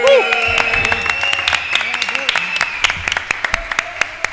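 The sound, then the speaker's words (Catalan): An audience breaks into steady applause for the band members, a dense patter of sharp claps continuing throughout, with voices and cheers rising over the clapping. “rebem una sorollosa ovació per l'Albert, el Joan i el Devoto, els …”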